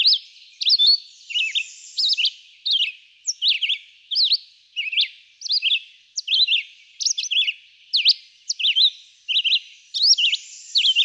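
Red-eyed vireo song of quick whistled phrases, varied up-and-down slurs delivered roughly once or twice a second with short pauses between.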